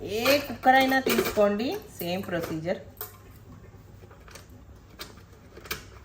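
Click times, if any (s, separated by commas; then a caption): 5.7 s. Someone talks for the first three seconds as a lid is fitted onto a metal pressure cooker and turned. A few faint metallic taps follow around 4.3 s and 5.0 s, then a final, louder sharp hit at 5.7 s as the lid locks onto the cooker body.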